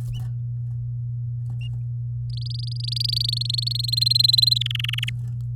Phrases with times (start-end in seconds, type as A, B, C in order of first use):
2.30-3.73 A, 3.75-4.58 B, 4.61-5.10 C